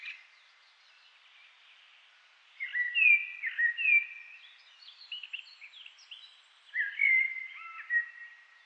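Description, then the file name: Eurasian blackbird song: two or three mellow, fluty whistled phrases with short twittering ends, separated by quiet gaps; faint softer notes between. "Turdus merula"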